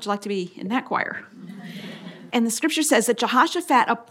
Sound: laughter

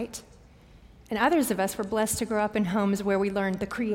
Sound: none

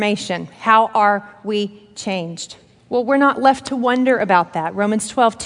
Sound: none

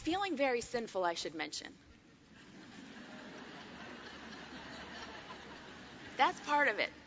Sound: laughter

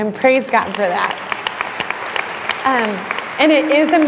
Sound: applause

